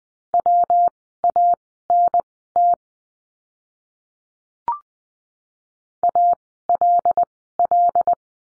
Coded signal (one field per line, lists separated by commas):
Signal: Morse code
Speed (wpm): 20 wpm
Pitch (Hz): 700 Hz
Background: none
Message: WANT ALL